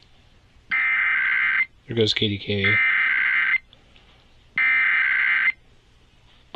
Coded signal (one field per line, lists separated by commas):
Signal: Emergency Alert System (SAME) tones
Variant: header bursts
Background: speech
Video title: 24 YEARS OF LIVING... EAS Tests from August 2024 (EAS #4,964 - 4,976)